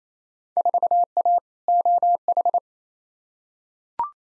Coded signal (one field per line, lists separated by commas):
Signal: Morse code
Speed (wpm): 28 wpm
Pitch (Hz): 700 Hz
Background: none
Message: 4A OH